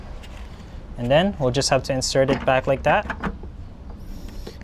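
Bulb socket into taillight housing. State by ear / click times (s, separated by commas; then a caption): seated / 4.6 s. A bulb socket on a 2010 VW Tiguan rear turn signal and tail light is pushed back into the plastic taillight housing with its clips aligned while someone talks. After the talking, a few faint clicks are heard, and a sharp click at 4.6 s marks the socket seating in the housing.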